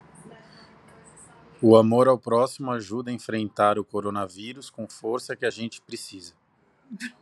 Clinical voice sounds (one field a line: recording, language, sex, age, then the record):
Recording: spoken sentence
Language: Brazilian Portuguese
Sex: male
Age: 30 to 39 years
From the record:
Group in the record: control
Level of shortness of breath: 0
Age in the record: 38 years